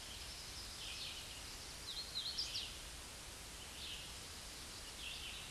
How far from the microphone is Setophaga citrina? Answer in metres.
about 45 m